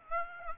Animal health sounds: mosquito wingbeat signal from an infrared sensor; Aedes aegypti

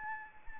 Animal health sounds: mosquito wingbeat signal from an infrared sensor; Anopheles arabiensis

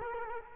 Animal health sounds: mosquito wingbeat signal from an infrared sensor; Culex quinquefasciatus

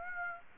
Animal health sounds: mosquito wingbeat signal from an infrared sensor; Aedes aegypti

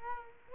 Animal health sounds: mosquito wingbeat signal from an infrared sensor; Culex quinquefasciatus

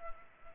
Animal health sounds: mosquito wingbeat signal from an infrared sensor; Culex pipiens

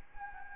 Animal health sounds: mosquito wingbeat signal from an infrared sensor; Anopheles gambiae

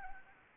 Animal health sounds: mosquito wingbeat signal from an infrared sensor; Anopheles arabiensis

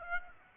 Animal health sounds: mosquito wingbeat signal from an infrared sensor; Aedes aegypti

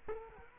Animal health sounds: mosquito wingbeat signal from an infrared sensor; Culex quinquefasciatus

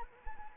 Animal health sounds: mosquito wingbeat signal from an infrared sensor; Anopheles arabiensis

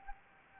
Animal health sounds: mosquito wingbeat signal from an infrared sensor; Anopheles gambiae

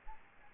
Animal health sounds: mosquito wingbeat signal from an infrared sensor; Aedes albopictus

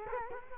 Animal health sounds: mosquito wingbeat signal from an infrared sensor; Culex quinquefasciatus

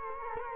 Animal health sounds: mosquito wingbeat signal from an infrared sensor; Culex quinquefasciatus

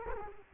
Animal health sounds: mosquito wingbeat signal from an infrared sensor; Culex quinquefasciatus

